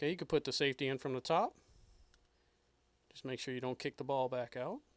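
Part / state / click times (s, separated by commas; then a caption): safety into rifle trigger group housing / not seated / none. Someone talks while fitting the safety from the top into the trigger group housing of a Marlin Camp 9 rifle, where a detent ball will hold it. A quiet stretch of faint handling noise falls between the bursts of talk. The safety has not seated or clicked into place yet.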